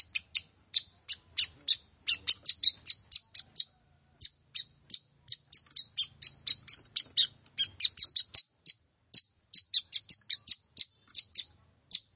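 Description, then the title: Plain prinia song: dense series of short, high, sharp notes, irregularly spaced, in quick bursts with brief pauses throughout. "Ciblek Sawah"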